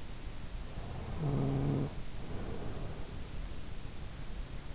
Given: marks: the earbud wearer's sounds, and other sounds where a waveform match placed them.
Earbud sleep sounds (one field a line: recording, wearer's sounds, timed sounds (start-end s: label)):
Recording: sounds in sleep by an in-ear microphone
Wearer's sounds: snoring breath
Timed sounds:
0.81-3.27 s: snoring breath